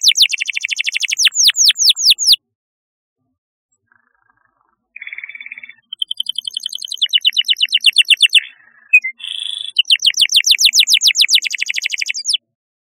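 Canary singing in bursts: rapid series of descending high sweeps, a pause, then buzzy trills and more rolling sweeping phrases.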